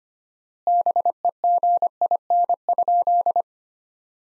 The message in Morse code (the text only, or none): BEGIN?